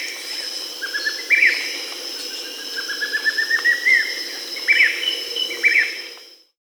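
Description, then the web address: Grayish mourner calls: a loose series of short notes punctuated by sharper, louder upslurred notes, with a constant high hum in the background. South America. "S America Grayish Mourner (Rhytipterna simplex"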